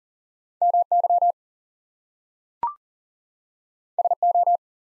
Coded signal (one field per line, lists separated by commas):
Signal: Morse code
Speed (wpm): 40 wpm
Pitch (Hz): 700 Hz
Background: none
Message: MY SO